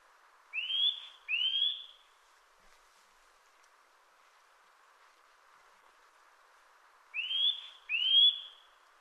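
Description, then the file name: Eurasian nuthatch calls: loud upslurred whistled notes given in pairs, one pair at the start and another about six and a half seconds later, over faint background noise. "Sitta europaea"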